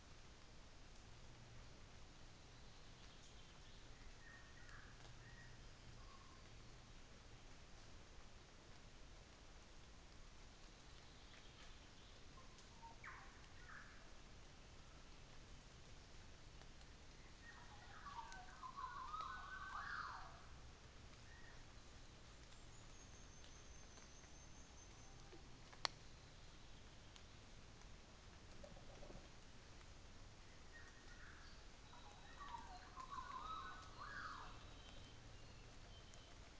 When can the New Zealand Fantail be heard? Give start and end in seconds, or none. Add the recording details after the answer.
22.47-25.41. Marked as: faintness 3/5, faintness 4/5. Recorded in New Zealand on 24 December 2018. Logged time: 10:15